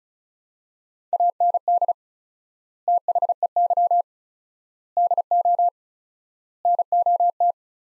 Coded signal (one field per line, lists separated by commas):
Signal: Morse code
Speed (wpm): 36 wpm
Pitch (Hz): 700 Hz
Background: none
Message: AND THEY DO NOT